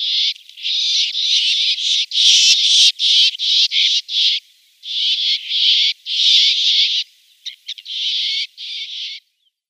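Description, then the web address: Great grey shrike nestlings giving harsh, wheezy rasps in quick bursts with brief pauses. "Schulze Peter Great Grey Shrike nestlings"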